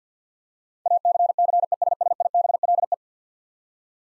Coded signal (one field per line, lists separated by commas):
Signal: Morse code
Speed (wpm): 50 wpm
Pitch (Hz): 700 Hz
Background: none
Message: ACCESSIBLE